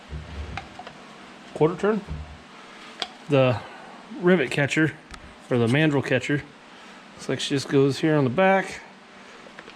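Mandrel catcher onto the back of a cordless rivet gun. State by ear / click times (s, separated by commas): seated / 9.6 s, 9.7 s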